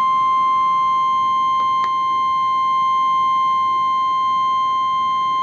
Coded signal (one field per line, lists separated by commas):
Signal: Emergency Alert System (SAME) tones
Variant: 1050 Hz attention tone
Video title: Real NOAA Weather Radio EAS Alerts #253 And #254